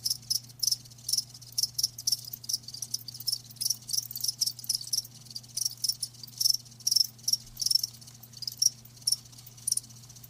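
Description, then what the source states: Cricket chirps repeat as regular high, rasping bursts, with a faint low hum in the background. Live crickets chirping with a lulling song.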